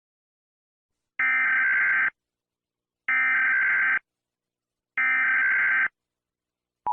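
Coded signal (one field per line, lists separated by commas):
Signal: Emergency Alert System (SAME) tones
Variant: header bursts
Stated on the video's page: Fictional EAS scenario, not a real alert.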